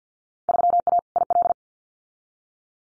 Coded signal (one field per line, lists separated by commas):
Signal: Morse code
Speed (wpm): 50 wpm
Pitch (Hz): 700 Hz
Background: none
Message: 3A IL